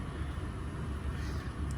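The air-hose nozzle of a LASFIT Air CR1 portable tire inflator is held with its notches lined up against the matching notches on the adapter, before the clockwise twist-lock. Only a steady low rumble with broadband background noise is heard, with no sudden sounds. Nothing has seated or clicked yet.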